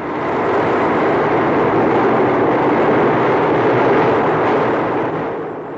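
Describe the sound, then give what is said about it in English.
Two 16-cylinder diesel engine generators powering a radio transmitter station on Bonaire, with a combined output of 3,200,000 watts, run with a loud, steady, dense roar, an unbroken mechanical drone with a deep rumbling base that holds constant throughout, with no voices. “The Bonaire staff have a big job to do in operating these two diesel engine generators that purr like this.”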